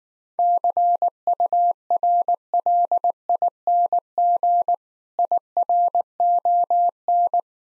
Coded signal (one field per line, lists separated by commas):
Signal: Morse code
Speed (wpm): 19 wpm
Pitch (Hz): 700 Hz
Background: none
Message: CURLING IRON